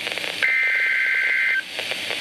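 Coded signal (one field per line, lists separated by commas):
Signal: Emergency Alert System (SAME) tones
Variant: header bursts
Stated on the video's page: Severe Thunderstorm Warning received from a NOAA Weather Radio station in Madison, Wisconsin.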